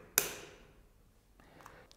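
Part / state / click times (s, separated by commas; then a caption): CGM sensor insertion tool onto sensor assembly / seated / 0.2 s. A plastic CGM sensor insertion tool has its tab inserted into the opening and is lowered onto the sensor assembly, producing a sharp, bright click at 0.2 s that rings briefly and fades. Faint handling taps follow near the end. The tool is seated on the sensor assembly with no gap between them.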